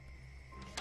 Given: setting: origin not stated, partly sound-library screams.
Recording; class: one-second piece from a danger detection set; normal situation